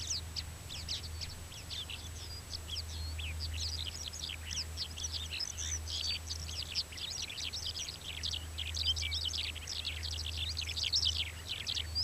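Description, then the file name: Mongolian lark song: fast, unbroken chattering and twittering phrases over a constant low rumble. Song, with other males in the background. "Melanocorypha mongolica song background-other-male"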